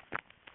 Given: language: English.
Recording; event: throat vibration sensor signal played as sound; swallow